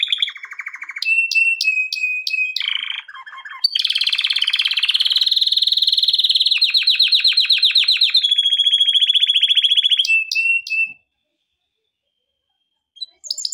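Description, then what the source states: Canary song: a long run of varied trills, fast rolling tours, high whistled notes and dense buzzy rattles, switching every second or two, then a brief pause and a last burst. Intended for training canaries.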